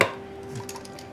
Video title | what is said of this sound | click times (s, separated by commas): Star Wars The Force Awakens: Kylo Ren Deluxe Electronic Lightsaber | there it is if you hear that snap it's in | 0.0 s